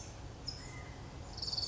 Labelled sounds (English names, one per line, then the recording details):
California Towhee
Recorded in Sonoma County, California